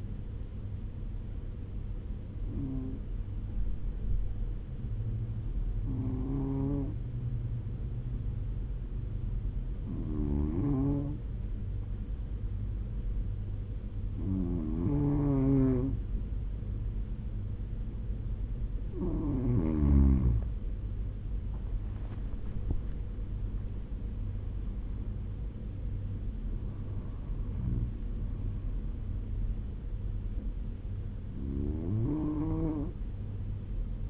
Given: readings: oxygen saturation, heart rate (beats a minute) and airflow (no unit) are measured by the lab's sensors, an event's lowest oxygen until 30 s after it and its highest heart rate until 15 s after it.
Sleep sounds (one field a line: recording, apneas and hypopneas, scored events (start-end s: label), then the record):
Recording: breathing in sleep by a smartphone at the bedside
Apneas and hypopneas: none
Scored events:
none scored
From the record:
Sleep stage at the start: N1 (lightest sleep)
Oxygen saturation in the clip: 93 to 96%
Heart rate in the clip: 70 to 89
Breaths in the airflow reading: 8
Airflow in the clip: -10.3 to 9.6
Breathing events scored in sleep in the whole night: 201 in 6.5 hours asleep